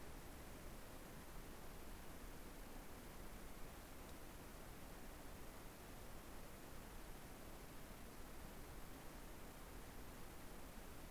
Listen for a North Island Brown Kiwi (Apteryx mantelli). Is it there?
no